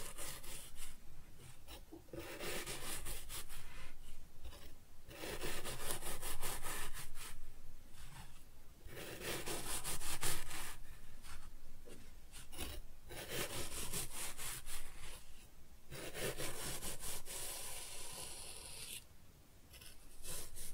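Kinetic sand being cut and scooped, heard as a run of soft, grainy rubbing and scraping strokes that swell and fade irregularly. Dense crackly bursts come every second or two, with brief quieter gaps, and a low rumble sits underneath throughout.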